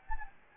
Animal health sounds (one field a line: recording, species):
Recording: mosquito wingbeat signal from an infrared sensor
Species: Anopheles gambiae